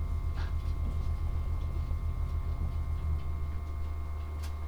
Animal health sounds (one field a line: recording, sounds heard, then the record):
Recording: poultry house recording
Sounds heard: no chicken sound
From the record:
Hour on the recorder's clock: 17